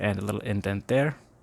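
Someone talks while handling the wing hinge of a plastic V-19 Torrent toy starfighter from Star Wars Micro Galaxy Squadron, whose wing has a small tab that locks into an indent detent. Only speech is heard, and nothing has seated or clicked yet.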